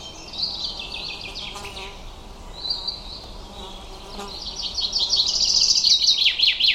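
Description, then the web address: Bird calls: high, thin chirps and short notes that build into a rapid twittering burst near the end. "Bird Only"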